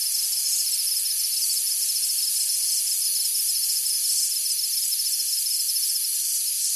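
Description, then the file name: Night insects keep up an even, high hissing drone mixed with rapid trilling pulses, no breaks from start to end. Insects on a tropical summer night. "zapsplat animals insects night summer tropical eq layer for low level background"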